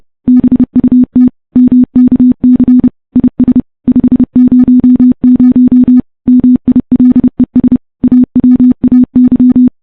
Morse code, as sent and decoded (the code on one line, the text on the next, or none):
-... ..- - / -- -.- -.-. / .. ... / ..... ----- ----- / -- .. .-.. . ... / .- .-- .- -.--
BUT MKC IS 500 MILES AWAY